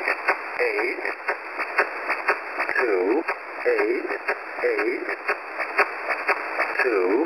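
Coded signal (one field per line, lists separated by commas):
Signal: numbers station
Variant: E07, English male voice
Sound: synthetic-sounding male voice reading short evenly spaced words over shortwave radio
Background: radio static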